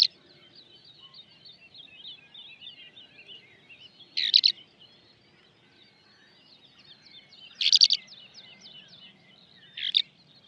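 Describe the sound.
Eurasian skylark calls, a few short, loud, rough chirrups spaced a few seconds apart over faint, continuous high twittering in the background.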